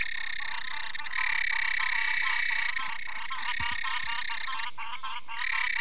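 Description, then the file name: Tournier's ridged frog giving rapid pulsed calls almost continuously, with louder stretches at intervals. "Ptychadena tournieri"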